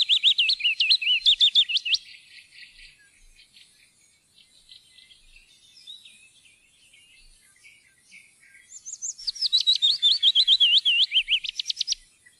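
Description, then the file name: Willow warbler song: a soft, sweet descending cascade of whistled notes, repeated once after a pause, with faint other birds in between. "loevsanger"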